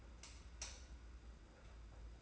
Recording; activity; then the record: daily activity, microphone in the room; light off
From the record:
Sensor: 2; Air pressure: 991.8 hPa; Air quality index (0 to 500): 225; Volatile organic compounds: 1000 ppm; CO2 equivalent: 7543 ppm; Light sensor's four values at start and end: 16/43/17/16 and 11/27/10/10